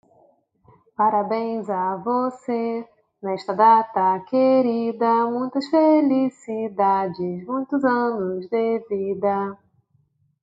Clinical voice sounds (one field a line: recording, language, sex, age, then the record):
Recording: short text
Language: Brazilian Portuguese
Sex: female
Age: 30 to 39 years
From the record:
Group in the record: control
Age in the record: 31 years